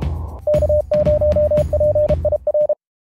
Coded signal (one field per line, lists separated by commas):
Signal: Morse code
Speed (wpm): 33 wpm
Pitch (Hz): 600 Hz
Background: none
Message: K0PIR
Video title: EASY RTTY with Fldigi and Log4OM_Part II